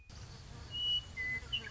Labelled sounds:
Western Meadowlark

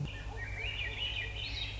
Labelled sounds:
Swainson's Thrush

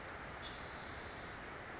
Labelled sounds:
Spotted Towhee

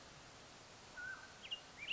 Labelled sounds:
Mountain Quail

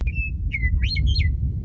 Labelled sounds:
Western Meadowlark

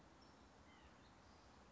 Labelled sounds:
White-breasted Nuthatch

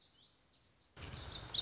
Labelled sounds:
Lazuli Bunting

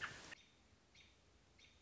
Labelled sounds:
American Robin

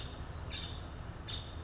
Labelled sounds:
Nuttall's Woodpecker

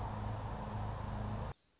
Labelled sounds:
Anna's Hummingbird

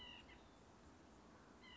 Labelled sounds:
White-breasted Nuthatch

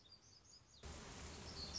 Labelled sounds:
Black-throated Gray Warbler

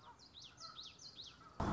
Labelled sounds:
Common Yellowthroat

